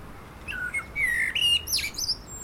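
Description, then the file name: Common blackbird: soft whistled notes building to a clearer fluty phrase, closed by a sharp, high squeaky flourish. "Turdus merula"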